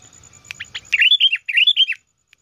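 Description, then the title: Sooty-headed bulbul song: bubbly, rolling, slurred notes in two short bursts after a few quick chips, with a faint low rumble at the start. "Kutilang"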